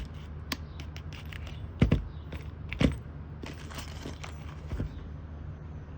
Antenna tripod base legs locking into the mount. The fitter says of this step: When you lock them in place, you'll hear a little snap.